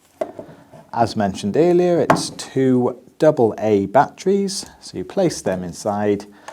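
A side battery compartment tray on a plastic Gardena Water Control Easy / Easy Plus garden tap water timer, which takes two AA batteries, is pushed in and springs out with a sharp click at 0.2 s, releasing it. Someone talks over the rest of the clip.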